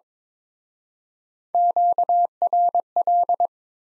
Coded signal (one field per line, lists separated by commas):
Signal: Morse code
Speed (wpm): 26 wpm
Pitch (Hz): 700 Hz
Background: none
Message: QRL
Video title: Top 20 QSO Elements - Speed-Racing - 22wpm